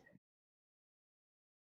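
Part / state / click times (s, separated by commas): small cable connector onto its socket inside a mini PC / not seated / none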